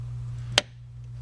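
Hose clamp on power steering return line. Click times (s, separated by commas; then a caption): 0.6 s. A hose clamp on the reconnected power steering return line of a Discovery Series II is squeezed by its flats until it clicks closed. A single sharp click is heard at 0.6 s over a steady low hum, confirming the clamp is seated.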